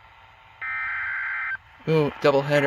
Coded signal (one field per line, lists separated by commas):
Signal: Emergency Alert System (SAME) tones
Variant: header bursts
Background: speech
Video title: EAS #334-349: EAS Alert Compilation for Week of 9/13/21